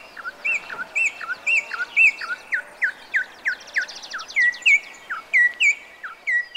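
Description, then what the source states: Venezuelan Troupial song: many short, clear whistled notes over faint background noise. Female singing.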